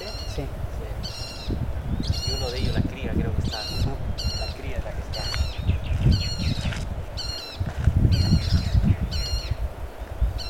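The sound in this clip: Yellow-faced parrotlet calls: short, harsh, buzzy notes repeated about once a second, with lower chattering sounds and a rumbling low background.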